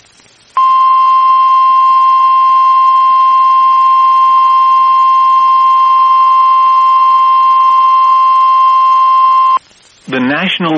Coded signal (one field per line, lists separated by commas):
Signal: Emergency Alert System (SAME) tones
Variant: 1050 Hz attention tone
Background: speech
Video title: Severe Thunderstorm Warning WXJ96 EAS #6 26/5/25